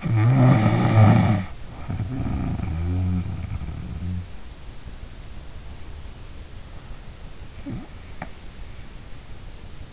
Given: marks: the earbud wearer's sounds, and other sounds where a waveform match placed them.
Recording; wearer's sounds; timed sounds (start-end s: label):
sounds in sleep by an in-ear microphone; snoring breath
0.00-4.29 s: snoring breath
7.57-8.51 s: snoring breath